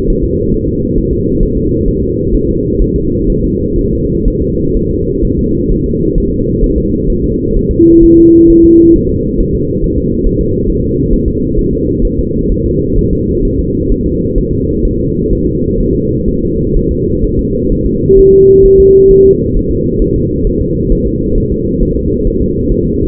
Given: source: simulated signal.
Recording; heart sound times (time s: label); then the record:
fetal heart sounds
0.10 s: S1
0.24 s: S2
0.54 s: S1
0.69 s: S2
0.98 s: S1
1.13 s: S2
1.43 s: S1
1.57 s: S2
1.88 s: S1
2.03 s: S2
2.34 s: S1
2.49 s: S2
2.82 s: S1
2.96 s: S2
3.30 s: S1
3.44 s: S2
3.79 s: S1
3.93 s: S2
4.28 s: S1
4.42 s: S2
4.77 s: S1
4.91 s: S2
5.25 s: S1
5.39 s: S2
5.72 s: S1
5.86 s: S2
6.18 s: S1
6.32 s: S2
6.64 s: S1
6.78 s: S2
7.10 s: S1
7.24 s: S2
7.56 s: S1
7.71 s: S2
8.03 s: S1
8.18 s: S2
8.50 s: S1
8.65 s: S2
8.96 s: S1
9.10 s: S2
9.41 s: S1
9.55 s: S2
9.84 s: S1
9.98 s: S2
10.27 s: S1
10.41 s: S2
10.70 s: S1
10.84 s: S2
11.14 s: S1
11.28 s: S2
11.59 s: S1
11.73 s: S2
12.05 s: S1
12.19 s: S2
12.52 s: S1
12.66 s: S2
12.99 s: S1
13.13 s: S2
13.45 s: S1
13.59 s: S2
13.92 s: S1
14.06 s: S2
14.38 s: S1
14.53 s: S2
14.85 s: S1
15.00 s: S2
15.33 s: S1
15.47 s: S2
15.81 s: S1
15.95 s: S2
16.28 s: S1
16.43 s: S2
16.77 s: S1
16.91 s: S2
17.25 s: S1
17.39 s: S2
17.72 s: S1
17.87 s: S2
18.19 s: S1
18.34 s: S2
18.66 s: S1
18.80 s: S2
19.11 s: S1
19.26 s: S2
19.56 s: S1
19.71 s: S2
20.02 s: S1
20.16 s: S2
20.47 s: S1
20.61 s: S2
20.92 s: S1
21.07 s: S2
21.38 s: S1
21.52 s: S2
21.83 s: S1
21.97 s: S2
22.27 s: S1
22.42 s: S2
22.72 s: S1
22.86 s: S2
From the record:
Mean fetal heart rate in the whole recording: 130 bpm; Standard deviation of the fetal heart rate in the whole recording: 4 bpm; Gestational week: 38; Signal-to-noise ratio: -10.2 dB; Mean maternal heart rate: 72 bpm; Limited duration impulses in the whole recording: present